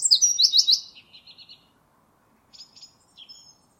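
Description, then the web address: Bird giving a fast, high series of sharp chirps, then softer scattered notes and a few brief faint chirps near the end. "cianscape birddata Deverinetal 2025"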